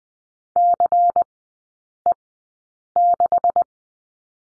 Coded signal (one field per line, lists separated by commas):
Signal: Morse code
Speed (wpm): 20 wpm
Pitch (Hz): 700 Hz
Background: none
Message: CE6